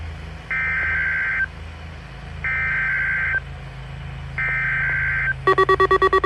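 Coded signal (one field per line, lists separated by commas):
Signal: Emergency Alert System (SAME) tones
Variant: header bursts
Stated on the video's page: Compilation of weekly and monthly EAS tests.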